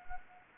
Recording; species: mosquito wingbeat signal from an infrared sensor; Anopheles gambiae